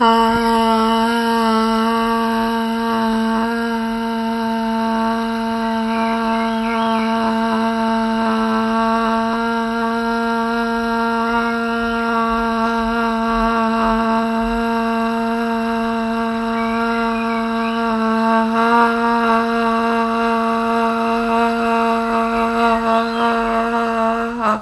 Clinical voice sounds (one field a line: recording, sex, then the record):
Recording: sustained vowel /a/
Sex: female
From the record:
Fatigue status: no fatigue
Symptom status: asymptomatic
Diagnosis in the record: COVID-19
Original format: m4a